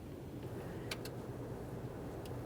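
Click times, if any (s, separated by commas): none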